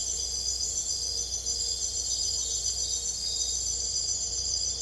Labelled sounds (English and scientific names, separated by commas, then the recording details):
none
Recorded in secondary vegetation near Puerto Asís, Putumayo, Colombia, on 22 December 2024 at 01:30
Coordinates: 0.488, -76.319
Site GP04